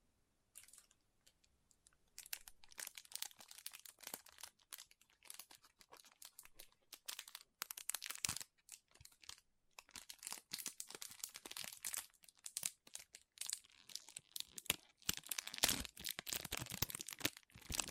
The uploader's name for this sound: Soft Squishy Sticky, Crinkle, Cutting Sounds